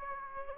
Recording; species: mosquito wingbeat signal from an infrared sensor; Aedes aegypti